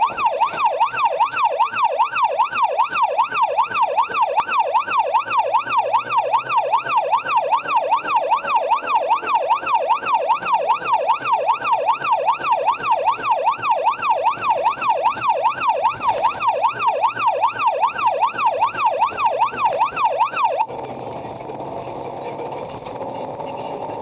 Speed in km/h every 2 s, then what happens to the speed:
25, 35, 50, 64, 77, 85, 90, 81, 72, 79, 88, 96.
0-11 speeds up to 90. 11-15 slows to 72. 17-24 speeds up to 96.